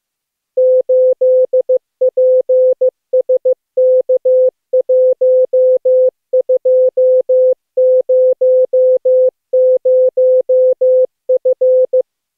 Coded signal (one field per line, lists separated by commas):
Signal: Morse code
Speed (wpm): 14 wpm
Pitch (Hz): 510 Hz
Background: music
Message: 8PSK1200F